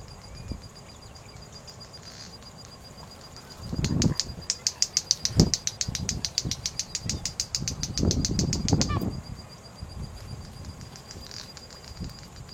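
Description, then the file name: White-bellied seedeater, a quick run of sharp clicking ticks in the middle, mixed with low thumping noises and a steady faint high tone. "Canto do bate bico"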